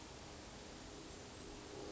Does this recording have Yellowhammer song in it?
no